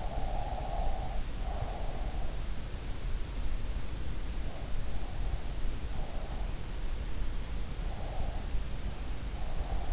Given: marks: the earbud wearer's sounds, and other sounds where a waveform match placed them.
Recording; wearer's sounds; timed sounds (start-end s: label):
sounds in sleep by an in-ear microphone; breath
0.00-1.99 s: breath